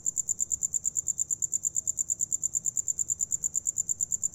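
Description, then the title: Cricket giving a continuous run of rapid, high, evenly spaced chirps against a quiet background. Recorded inside an abandoned house in Carmen, Campeche, Mexico, using a TASCAM DR-100 mkII recorder and RODE NTG-2 shotgun microphone with deadcat. "Carmen, Camp., México - Grillo interior de casa abandonada"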